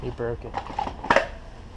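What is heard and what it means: A reversible stroller seat is pushed onto the stroller frame after a failed try and locks with a sharp plastic click at 1.1 s, seating it in place. Someone talks before the click, and a soft knock comes just before it at 1.0 s.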